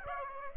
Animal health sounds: mosquito wingbeat signal from an infrared sensor; Aedes aegypti

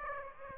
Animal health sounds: mosquito wingbeat signal from an infrared sensor; Aedes aegypti

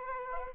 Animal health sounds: mosquito wingbeat signal from an infrared sensor; Aedes aegypti

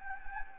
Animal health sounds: mosquito wingbeat signal from an infrared sensor; Anopheles gambiae

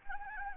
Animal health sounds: mosquito wingbeat signal from an infrared sensor; Anopheles gambiae

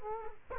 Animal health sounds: mosquito wingbeat signal from an infrared sensor; Culex quinquefasciatus

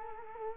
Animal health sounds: mosquito wingbeat signal from an infrared sensor; Culex quinquefasciatus

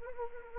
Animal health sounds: mosquito wingbeat signal from an infrared sensor; Anopheles arabiensis

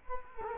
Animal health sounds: mosquito wingbeat signal from an infrared sensor; Culex quinquefasciatus

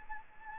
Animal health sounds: mosquito wingbeat signal from an infrared sensor; Anopheles gambiae

